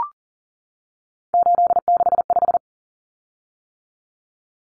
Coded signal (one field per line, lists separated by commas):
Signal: Morse code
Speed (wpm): 40 wpm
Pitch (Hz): 700 Hz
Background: none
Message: 865